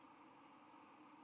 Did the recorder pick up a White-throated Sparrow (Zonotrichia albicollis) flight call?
no